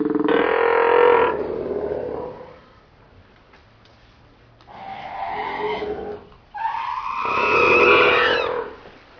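Northern fur seal giving three loud, harmonic, slightly wavering bleating calls, with a low hum in a quiet gap between them.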